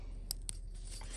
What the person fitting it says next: I like to push these in until you hear a click, that way you know it's holding.